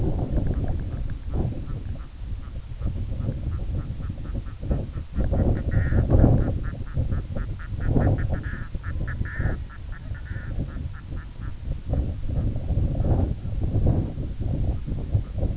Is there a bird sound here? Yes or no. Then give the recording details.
yes. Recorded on Arctic tundra, site IGLO-A, on 17 June 2018. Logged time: 19:59